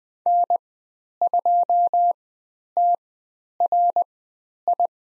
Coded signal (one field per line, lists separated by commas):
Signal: Morse code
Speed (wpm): 20 wpm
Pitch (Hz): 700 Hz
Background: none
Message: N2TRI